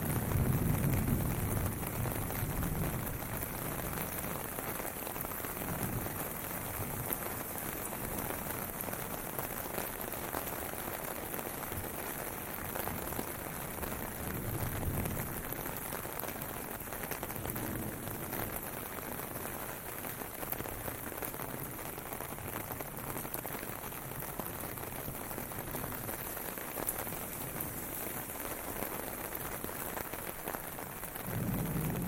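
Steady rain hisses on hard surfaces throughout, a dense, even patter. Low rumbles swell now and then near the start, around fifteen seconds and at the end, like passing traffic on a wet city street.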